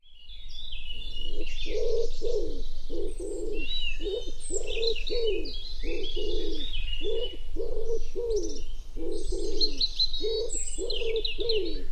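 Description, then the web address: Common wood pigeon cooing, many low muffled coos in repeated phrases with a steady beat, over a chorus of chirping songbirds. "cianscape. Deverinetal. Bird Only"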